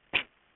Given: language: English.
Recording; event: throat vibration sensor signal played as sound; cough